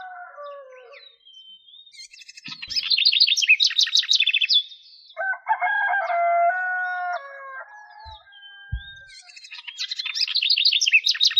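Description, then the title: Bird song alternating loud, rapid, buzzy trills with a lower, steady, harmonic-rich phrase, then more trills; a few soft knocks. "LuckyPassaros CompletosSama"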